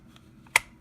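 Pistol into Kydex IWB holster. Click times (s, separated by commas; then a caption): 0.6 s. A compact Smith & Wesson M&P 9 Shield pistol is pushed into a custom-molded Kydex appendix IWB holster, with faint ticks at about 0.2 and 0.5 seconds. A sharp, bright click at 0.6 seconds marks the retention engaging, and the pistol is seated securely in the holster.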